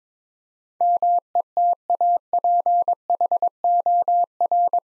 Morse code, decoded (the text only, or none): METAPHOR